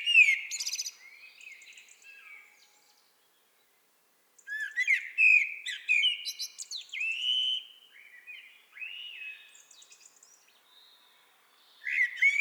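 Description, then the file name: Common blackbird singing clear fluty phrases with rolling, rising and falling notes and high twittered endings, pausing between phrases. "Turdus merula"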